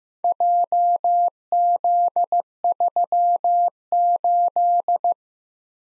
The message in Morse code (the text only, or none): JZ38